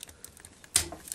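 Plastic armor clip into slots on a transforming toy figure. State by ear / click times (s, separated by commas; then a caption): seated / 0.8 s. A two-tab plastic armor clip is pushed firmly into two slots on a transforming toy figure. After faint ticking, a sharp snap at 0.8 s marks the clip clicking securely into place, followed by a lighter tick.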